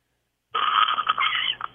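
A single drawn-out, rasping snore lasting about a second from a sleeping adult man, thin and nasal-sounding through a narrow telephone line, with a crowing, rooster-like quality. It is one snoring breath during sleep.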